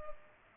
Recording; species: mosquito wingbeat signal from an infrared sensor; Culex pipiens